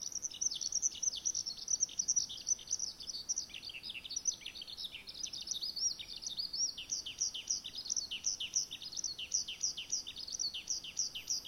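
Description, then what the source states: Eurasian Skylark song, a long unbroken stream of rapid, high chirps and trills, rising and falling without pause, with faint hiss behind. Sings while soaring high from early spring; complex song, likened to 'gyo-gyo-gyo' and 'ju-ju-ju', used mainly to declare territory; found in rice fields and open plains.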